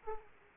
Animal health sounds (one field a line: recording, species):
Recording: mosquito wingbeat signal from an infrared sensor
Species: Aedes aegypti